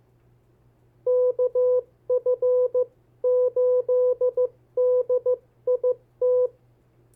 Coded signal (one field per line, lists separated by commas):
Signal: Morse code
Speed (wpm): 15 wpm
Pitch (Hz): 500 Hz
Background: none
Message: KF8DIT